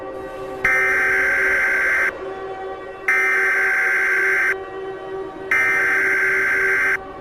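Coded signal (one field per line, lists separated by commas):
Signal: Emergency Alert System (SAME) tones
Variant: header bursts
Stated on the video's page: Recreated, fictional EAS scenario made for entertainment, using valid EAS tones.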